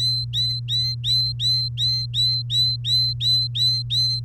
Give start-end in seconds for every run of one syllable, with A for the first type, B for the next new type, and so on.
0.00-4.20 A